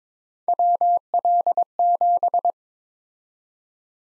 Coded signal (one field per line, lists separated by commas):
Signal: Morse code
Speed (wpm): 22 wpm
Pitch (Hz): 700 Hz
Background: none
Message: WL7